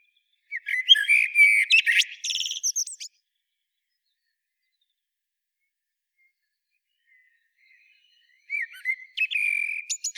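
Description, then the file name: Eurasian blackbird song with a mellow whistled opening breaking into shrill, scratchy twitters, then a long pause before another similar phrase starts. "Turdus merula"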